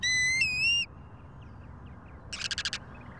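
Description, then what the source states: Ruddy Turnstone call, a quick chattering rattle after a few faint short notes. Stocky shorebird with black-and-white patchwork pattern and orange legs; forages by turning over shells and seaweed for insects and small crustaceans.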